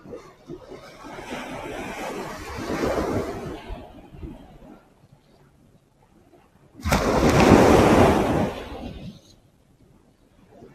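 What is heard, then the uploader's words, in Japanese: Sound of ocean waves, heard in two distinct washes: a long, rising and falling rush from the start to about four seconds, then quiet, then a louder, denser surge around seven to nine seconds that fades out. The hiss is full. 海岸で少し瞑想をしました。波の音。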